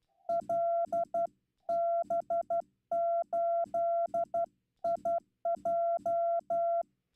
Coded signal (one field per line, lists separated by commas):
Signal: Morse code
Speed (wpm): 12 wpm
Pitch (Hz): 690 Hz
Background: none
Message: LB8IJ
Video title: Humiliating moment Live from Straight Key Night - Slow CW QSO